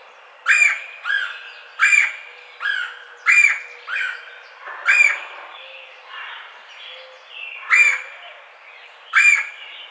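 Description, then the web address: Red-bellied woodpecker repeating many rolling churr notes, some fainter, with soft twittering of other birds behind. Recorded 4 May 2009. "Red-bellied Woodpecker 2009 05 04"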